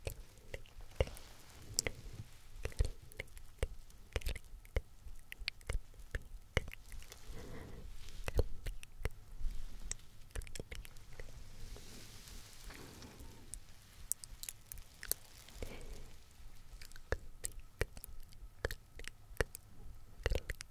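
Soft unintelligible whispering runs beneath frequent crisp clicks and pats from face touching and brushing. The taps come irregularly, several per second at times, with brief swishing strokes around the middle and a faint low hum throughout.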